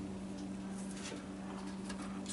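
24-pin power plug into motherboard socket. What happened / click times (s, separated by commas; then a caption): Handled, not yet home: the power plug has not clipped in / none. A 24-pin power supply plug is handled at a motherboard socket, with light rustling and small plastic taps over a steady low hum. Nothing has seated or clicked yet, and the plug's plastic latch has not clipped in.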